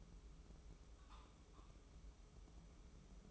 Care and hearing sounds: daily activity, microphone in the room; take from stove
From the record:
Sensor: 1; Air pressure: 995.5 hPa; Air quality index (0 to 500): 30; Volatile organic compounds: 1 ppm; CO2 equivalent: 556 ppm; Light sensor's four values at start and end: 25/92/35/35 and 25/91/34/35

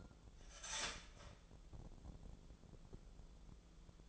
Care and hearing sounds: daily activity, microphone in the room; start toaster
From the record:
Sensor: 5

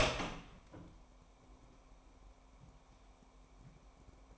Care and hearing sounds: daily activity, microphone in the room; open door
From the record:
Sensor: 1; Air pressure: 998.4 hPa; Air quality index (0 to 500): 127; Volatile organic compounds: 3 ppm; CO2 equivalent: 1520 ppm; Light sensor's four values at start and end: 19/63/25/26 and 19/63/25/26

